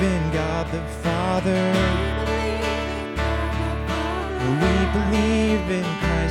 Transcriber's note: echo